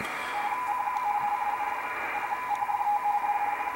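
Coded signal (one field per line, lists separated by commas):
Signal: RTTY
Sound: rapid warbling two-tone chatter, steady throughout, over hissy band noise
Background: radio static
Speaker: leave it to the program to decode. And here we've got at the bottom CQ, DR20 CFT.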